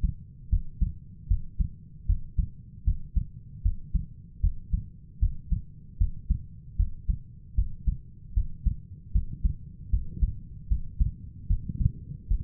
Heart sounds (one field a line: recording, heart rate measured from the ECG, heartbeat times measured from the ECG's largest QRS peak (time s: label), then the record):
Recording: heart sounds by stethoscope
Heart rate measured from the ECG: 76 bpm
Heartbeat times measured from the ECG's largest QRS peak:
0.50 s: heartbeat
1.28 s: heartbeat
2.07 s: heartbeat
2.85 s: heartbeat
3.63 s: heartbeat
4.41 s: heartbeat
5.20 s: heartbeat
5.98 s: heartbeat
6.77 s: heartbeat
7.55 s: heartbeat
8.34 s: heartbeat
9.13 s: heartbeat
9.90 s: heartbeat
10.68 s: heartbeat
11.48 s: heartbeat
12.28 s: heartbeat
From the record:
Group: healthy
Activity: breath hold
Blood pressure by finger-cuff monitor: 133/80 mmHg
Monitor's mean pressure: 97 mmHg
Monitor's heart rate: 77 bpm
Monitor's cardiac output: 5.9 L/min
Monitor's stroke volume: 77 mL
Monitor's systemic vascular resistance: 1180 dyn s/cm5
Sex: female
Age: 37 years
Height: 168 cm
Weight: 70 kg